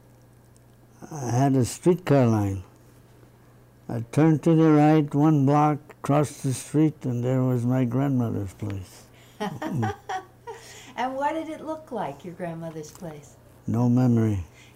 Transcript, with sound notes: — had a streetcar line. Turn to the right one block, cross the street and there was my grandmother's place.
[Laughs] And what did it look like, your grandmother's place?
No memory.